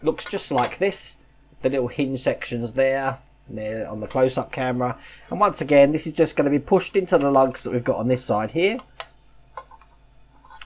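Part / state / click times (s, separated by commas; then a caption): clear plastic cockpit window into the hinge lugs of a scale model cockpit / seated / 10.6 s. Someone talks while the last clear plastic cockpit window of a 1:18 X-Wing model is pushed by its small hinge sections into the plastic lugs on the cockpit frame. After the talking stops, a few small taps and clicks follow, ending in a sharp click at 10.6 s as the window seats in place.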